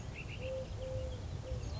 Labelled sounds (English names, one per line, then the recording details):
Eurasian Collared Dove
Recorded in Sonoma County, California